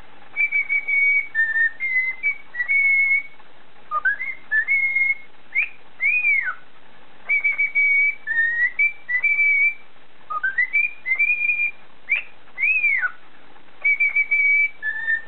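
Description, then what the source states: Cockatiel whistling a long tune-like sequence of level notes, upward slurs and arched whistles, repeated in phrases with short pauses. Whistling (siulan).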